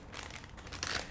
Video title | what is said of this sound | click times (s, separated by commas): Hong Kong Models - 1/48 Avro Lancaster B Mk.1 Unboxing - #askHearns | pop it inside and then you slide it and it locks into place uh very firmly now | 0.8 s